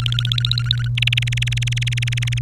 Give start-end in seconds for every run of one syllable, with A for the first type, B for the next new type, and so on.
0.00-0.88 A, 0.97-2.39 B